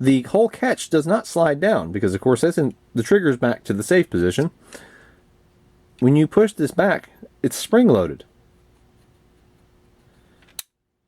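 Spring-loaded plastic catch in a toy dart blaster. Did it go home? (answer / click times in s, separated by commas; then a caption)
yes / 10.6 s. Someone talks while the spring-loaded plastic catch inside a Buzz Bee EZ Fire foam dart blaster is pushed back by hand. Near the end, it is released and snaps back into position with a sharp click at 10.6 s. It is a much heavier-duty catch.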